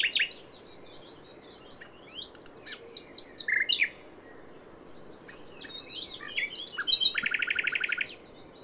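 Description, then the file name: Common nightingale song, mixed whistles and chirps, softer in the middle, ending in a brisk, loud run of repeated notes. "Luscinia megarhynchos"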